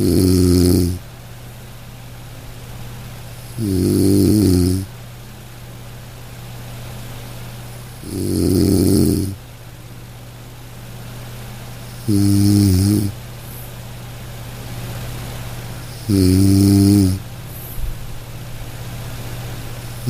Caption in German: Sanfte Schlummerklänge: Entspannung mit dem Klang des Schnarchens. Lass dich von den sanften und rhythmischen Geräuschen des Schnarchens in einen tiefen und erholsamen Schlaf begleiten. Das monotonale Brummen kann eine beruhigende Wirkung haben.